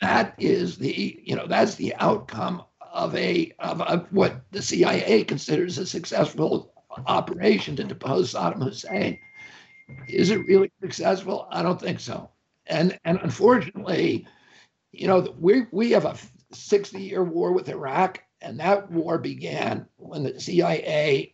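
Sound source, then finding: Male speaker. Spasmodic dysphonia.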